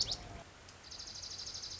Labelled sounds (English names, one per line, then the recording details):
Dark-eyed Junco
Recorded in Sonoma County, California